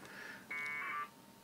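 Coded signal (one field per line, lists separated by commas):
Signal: packet radio (AX.25, as in APRS)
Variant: 1200 baud AFSK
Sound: brief hiss, then a half-second harsh warbling data burst between two tones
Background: radio static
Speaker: i'm going to look back on this and think man i should have turned down all that packet noise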